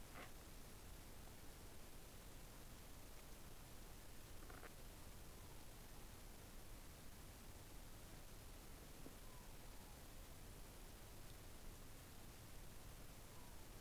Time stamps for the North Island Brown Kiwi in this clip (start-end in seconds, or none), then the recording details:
none. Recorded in New Zealand on 6 December 2014. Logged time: 23:43. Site BV21